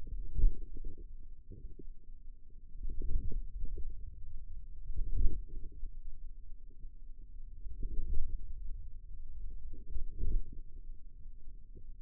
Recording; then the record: forearm muscle sounds (acoustic myography)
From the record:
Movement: hand closing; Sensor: system 2, bracelet of six BSWA MPA416 microphones around the upper forearm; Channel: 3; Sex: female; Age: 22 years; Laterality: right